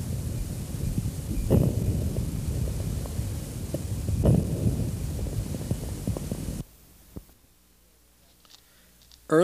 Early inspiratory crackles. Early inspiratory crackles are characteristic of severe airway obstruction and appear to be produced in the proximal and larger airways. are not silenced by cough or change of posture. Among the diseases associated with early inspiratory crackles are chronic bronchitis, asthma, and emphysema.